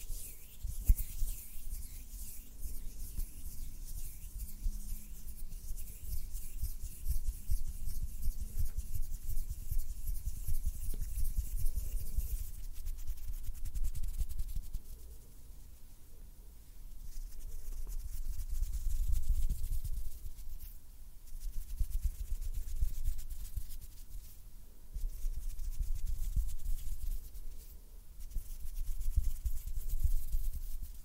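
Close-up hand sounds: soft rubbing and brushing of skin, with quick fluttery taps from the fingers, especially in the first twelve seconds. The low rumbling swells come and go in waves, with a brief quieter lull around fifteen seconds.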